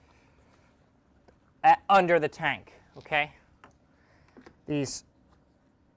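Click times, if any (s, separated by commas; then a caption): none. Someone talks while handling the plastic clips on an aquarium canister filter, with a few faint, short taps between the words. Nothing has snapped or clicked into place yet.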